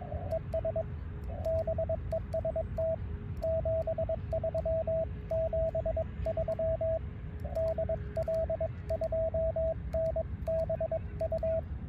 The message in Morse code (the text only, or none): ES BEST 73 73 DL2NBU